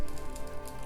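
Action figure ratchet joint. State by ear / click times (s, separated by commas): not seated / none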